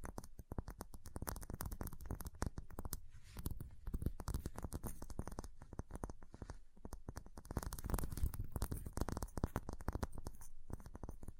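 Ice is tapped, scratched and carved in a dense, continuous run of sharp clicks and gritty scrapes, the hits coming rapidly and unevenly across the whole 11 seconds. A low rumbling undertone sits beneath, and the activity thickens briefly around the eighth second.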